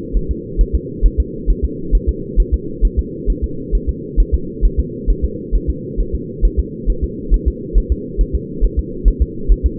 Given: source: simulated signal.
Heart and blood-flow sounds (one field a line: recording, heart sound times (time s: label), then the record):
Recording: fetal heart sounds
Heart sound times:
0.17 s: S1
0.31 s: S2
0.61 s: S1
0.75 s: S2
1.06 s: S1
1.20 s: S2
1.50 s: S1
1.65 s: S2
1.95 s: S1
2.09 s: S2
2.40 s: S1
2.54 s: S2
2.85 s: S1
2.99 s: S2
3.30 s: S1
3.44 s: S2
3.75 s: S1
3.89 s: S2
4.20 s: S1
4.34 s: S2
4.65 s: S1
4.80 s: S2
5.10 s: S1
5.25 s: S2
5.55 s: S1
5.70 s: S2
6.00 s: S1
6.15 s: S2
6.45 s: S1
6.59 s: S2
6.90 s: S1
7.04 s: S2
7.34 s: S1
7.48 s: S2
7.78 s: S1
7.92 s: S2
8.21 s: S1
8.35 s: S2
8.65 s: S1
8.79 s: S2
9.08 s: S1
9.22 s: S2
9.52 s: S1
9.66 s: S2
From the record:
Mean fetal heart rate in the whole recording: 135 bpm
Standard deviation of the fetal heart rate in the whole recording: 3 bpm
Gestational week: 36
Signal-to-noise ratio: -4.3 dB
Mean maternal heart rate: 72 bpm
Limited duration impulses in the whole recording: absent